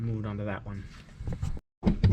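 A small green polyurethane shifter cable bushing is being handled and pressed toward the shifter linkage cable end on a Focus ST while someone talks, and a few short knocks of handling are heard near the end after a brief silence. Nothing has seated or clicked yet; the bushing is not yet home.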